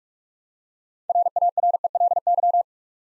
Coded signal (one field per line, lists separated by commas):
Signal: Morse code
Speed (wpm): 44 wpm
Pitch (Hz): 700 Hz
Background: none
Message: RARELY